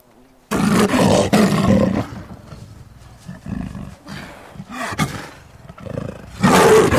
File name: leopardo